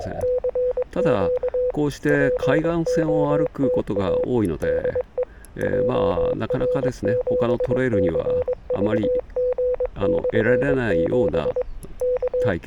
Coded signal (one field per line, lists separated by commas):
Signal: Morse code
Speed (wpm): 22 wpm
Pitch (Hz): 500 Hz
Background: speech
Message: CQ POTA DE JR7CVG/7 K